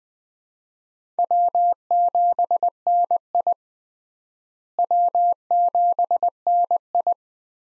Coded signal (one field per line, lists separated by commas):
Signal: Morse code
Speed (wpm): 20 wpm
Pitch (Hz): 700 Hz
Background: none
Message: W7NI W7NI